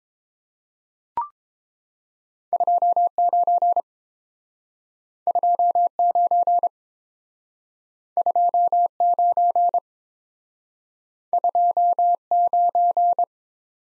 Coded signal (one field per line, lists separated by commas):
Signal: Morse code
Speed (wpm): 26 wpm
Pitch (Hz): 700 Hz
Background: none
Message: 29 29 29 29